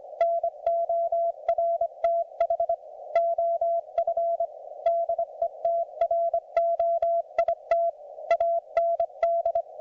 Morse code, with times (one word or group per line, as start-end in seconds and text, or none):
0.2-2.7 NORTH
3.2-4.5 OF
4.9-7.9 DETROIT
8.3-9.6 AND